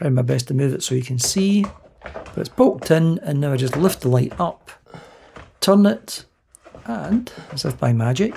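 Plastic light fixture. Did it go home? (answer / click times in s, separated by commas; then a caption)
no / none. Someone talks while lifting a Govee H60A1 ceiling light fixture up to its ceiling mounting plate and turning it to twist-lock it on, with short sharp hits around 4.9 s and 5.4 s during the twist. The clip ends before the light goes home, so nothing has seated or clicked yet.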